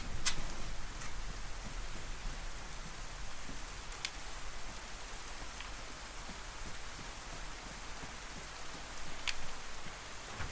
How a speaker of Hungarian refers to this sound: Ajha, hogy rákezdett az eső?